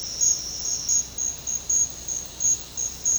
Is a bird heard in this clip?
no